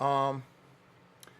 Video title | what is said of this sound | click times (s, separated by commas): Bulletini Harp Mic w/ XVive U3 Wireless System | could just pop it in and and you just pop it in and you'll hear it click so now you're on | 1.2 s, 1.3 s